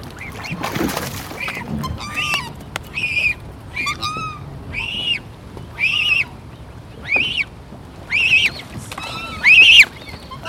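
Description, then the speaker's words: Black Swan cygnet squealing: shrill, harmonic squeals repeated several times, each under a second, with a brief rustle near the start. Young cygnets squealing while being caught by researchers and volunteers at Albert Park Lake, Melbourne, December 2016; unharmed; part of a study of light pollution's effect on urban birds. "Now, just a small alert. You're going to hear some squealing from the young cygnets."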